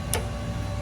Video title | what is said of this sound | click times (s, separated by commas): UPR Billet Catch Can for Ford Maverick | When you hear that click, you know it's on there. | 0.1 s